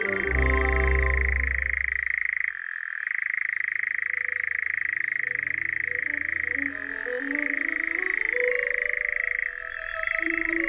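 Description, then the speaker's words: European nightjar churring: a long, steady mechanical trill that briefly dips in pitch three times. Nightjars heard churring for the first time at night on the dark heath at Ermelo under a starry sky, while waiting for the northern lights; several birds. "Maar gelukkig zagen we wel een prachtige sterrenhemel en hoorden voor het eerst het brommen van de nachtzwaluwen."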